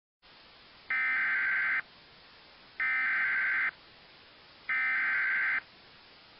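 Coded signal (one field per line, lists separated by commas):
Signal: Emergency Alert System (SAME) tones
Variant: header bursts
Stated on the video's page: Recreation of 2001 New York severe thunderstorm alerts using actual text products but not the original audio; the tones are valid EAS tones.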